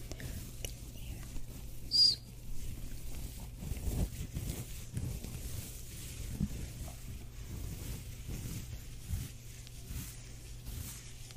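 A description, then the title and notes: A scalp massage fills the clip with soft, irregular rubbing and patting, mostly low and muffled, in dense bursts that swell and fade every second or so. A steady low hum runs underneath, and a single bright, short chirp stands out at about two seconds. ASMR Scalp Massage of Dreams.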